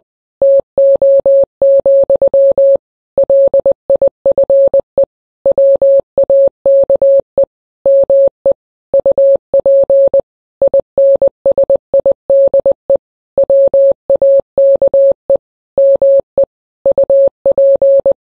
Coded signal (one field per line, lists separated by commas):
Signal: Morse code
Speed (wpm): 20 wpm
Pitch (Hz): 550 Hz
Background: none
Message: TO, LIFE WAKE ME UP INSIDE WAKE ME UP